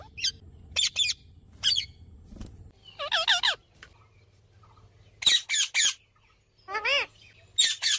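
Bird calls: clipped raspy squawks and wavering nasal notes in uneven groups, with a faint low hum underneath.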